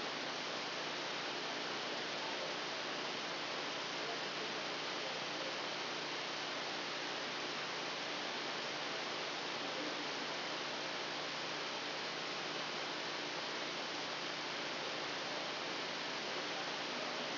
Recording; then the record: brain microelectrode recording played as sound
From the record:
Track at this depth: outside the subthalamic nucleus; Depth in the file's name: 1.113 mm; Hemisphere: left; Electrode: 2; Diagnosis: Parkinson's disease